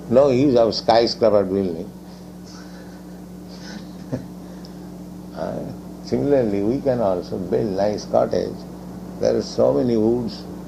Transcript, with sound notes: No use of skyscraper building. [laughter] Similarly, we can also build nice cottage. There are so many woods.